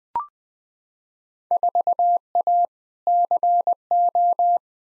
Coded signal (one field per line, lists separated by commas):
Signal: Morse code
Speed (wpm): 20 wpm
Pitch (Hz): 700 Hz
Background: none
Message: 4A CO